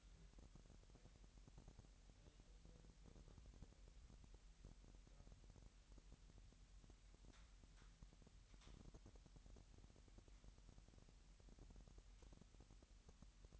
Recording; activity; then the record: daily activity, microphone in the room; take from stove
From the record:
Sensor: 3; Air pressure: 1001.9 hPa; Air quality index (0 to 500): 244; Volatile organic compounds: 47 ppm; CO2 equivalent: 3250 ppm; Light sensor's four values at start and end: 6/15/6/6 and 6/15/6/6